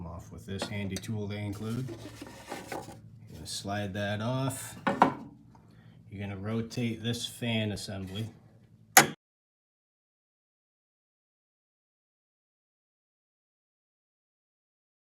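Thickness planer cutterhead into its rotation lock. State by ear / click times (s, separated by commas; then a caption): seated / 9.0 s. Someone talks while rotating the cutterhead (fan assembly) of a Ridgid R4331 thickness planer by hand during a straight-blade change, with a brief sharp knock near 5.0 s. At 9.0 s the cutterhead's rotation lock clicks into place, locking the blade in position for removal, and the clip falls silent afterward.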